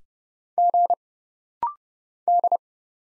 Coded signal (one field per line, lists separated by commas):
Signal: Morse code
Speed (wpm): 31 wpm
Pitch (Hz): 700 Hz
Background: none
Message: G D